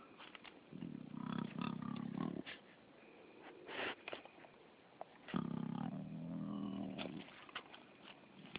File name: Spotted Hyena Grunting (Crocuta crocuta)